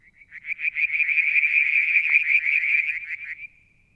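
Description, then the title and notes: Frog giving rapid pulsed notes that swell into a loud steady trill, then stop abruptly. One evening near the water tank at Mount Wilson, New South Wales, Australia, July 2022. "Frog song, Mount Wilson, New South Wales, Australia in July 2022 – by Alexander Moffatt. Limnodynastes Peronii, Litoria Verreauxii and a mystery frog one evening near the water tank"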